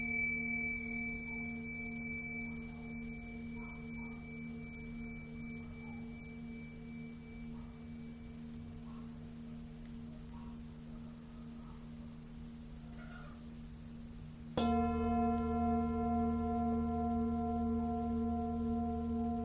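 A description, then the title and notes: A Tibetan singing bowl hums with a steady low ring that slowly fades, then is struck again near fifteen seconds, swelling louder and brighter. Tibetan Singiing Bowl のサウンドヒーリングチャンネル LIVE.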